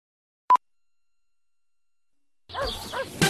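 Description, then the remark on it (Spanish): A single short, clear high-pitched telephone time-signal beep from the TLP time-announcement service of Telefónica CTC Chile sounds, followed by about two seconds of silence before a person starts talking. “TLP de Telefónica CTC Chile indica la hora.”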